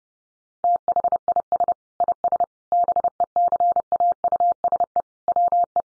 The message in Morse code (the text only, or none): THIS IS BECAUSE WE